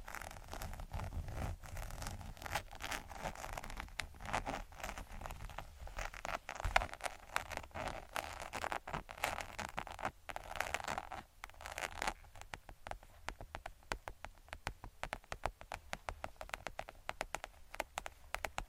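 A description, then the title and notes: Tapping and scratching sounds form a dense, irregular stream of short, sharp clicks and scrapes throughout. The first eleven seconds are busier, with rough scratching and a low rumble beneath, then it thins to sparser, crisper taps with brief pauses between them. Tapping & Scratching.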